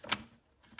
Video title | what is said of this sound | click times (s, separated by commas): Showcase & Setup ASMRCAP M416 Electric Gel Ball Blaster - CONTEST LINK IN DESC | and then if you want to adjust it you can hear it clicking in place | 0.1 s, 0.8 s